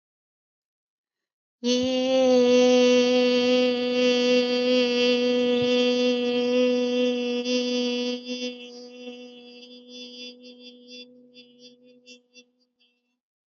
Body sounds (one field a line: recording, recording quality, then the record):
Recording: sustained vowel as in made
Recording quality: excellent, no background noise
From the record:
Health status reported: healthy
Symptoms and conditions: none ticked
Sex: female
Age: 36 years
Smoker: not ticked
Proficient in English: yes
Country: India